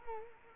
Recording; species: mosquito wingbeat signal from an infrared sensor; Culex quinquefasciatus